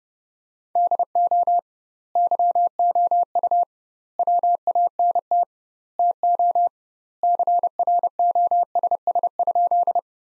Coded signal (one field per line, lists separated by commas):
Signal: Morse code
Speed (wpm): 32 wpm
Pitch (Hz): 700 Hz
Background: none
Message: DO YOU WANT TO CROSS?